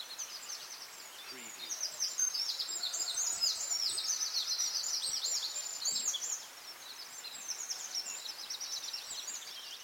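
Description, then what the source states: Birds singing together at dawn: a thick mass of high, thin chirps and warbles that turns quieter in the last few seconds. Dawn chorus recorded at dawn in Anglesey, Wales.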